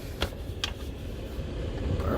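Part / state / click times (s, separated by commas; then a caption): dash trim piece into dashboard / seated / 0.2 s, 0.6 s. A dash trim piece on a 2006 Ford Explorer, fitted for an aftermarket radio, is pressed back into the dashboard. Two sharp clicks are heard at 0.2 and 0.6 seconds over a low, steady background rumble, and the piece seats.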